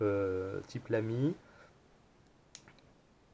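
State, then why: Released. Someone talks, then the piston knob of a cheap Chinese piston-filler fountain pen is turned and the piston lock in the pen barrel gives a sharp click at 2.6 s, followed by two fainter ticks. The click unlocks the piston, which is released and moves very smoothly.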